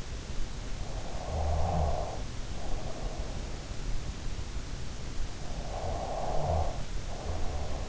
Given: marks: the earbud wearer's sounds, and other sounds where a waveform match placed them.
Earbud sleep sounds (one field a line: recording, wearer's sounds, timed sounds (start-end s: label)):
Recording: sounds in sleep by an in-ear microphone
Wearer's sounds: snoring breath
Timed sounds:
0.75-3.37 s: snoring breath
5.46-7.89 s: snoring breath